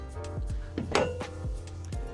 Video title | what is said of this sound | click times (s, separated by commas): Delphia D10 Walkthrough - Full Tour and Performance Test on the Columbia River | They're a lift and lock into place style, just like that. | 0.9 s